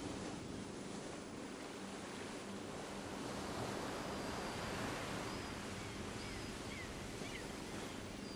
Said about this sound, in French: Réchauffez-vous au soleil brillant alors que vous écoutez les sons de l'océan et du bateau.